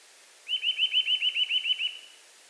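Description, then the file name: Eurasian nuthatch calling a single rapid trill of about ten clear, evenly spaced piping notes, lasting under two seconds, against a quiet background. "Sitta europaea"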